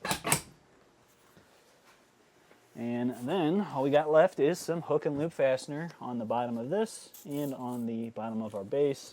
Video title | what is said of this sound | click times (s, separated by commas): Setting Up the Thomas Payne Heritage Dual Reclining RV Loveseat - 2017 Jayco Eagle Fifth Wheel | And then you want to make sure that you're going down nice and evenly to have these click into place. | 0.0 s, 0.3 s